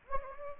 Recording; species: mosquito wingbeat signal from an infrared sensor; Anopheles gambiae